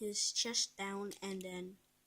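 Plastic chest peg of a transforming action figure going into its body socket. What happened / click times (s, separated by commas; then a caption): Handled, not yet home: no seating click, only speech / none. Someone talks while handling a Transformers Siege Prowl action figure, flipping its chest down and moving the plastic chest peg toward its socket in the body. The clip ends before the peg goes in, so nothing has seated or clicked yet.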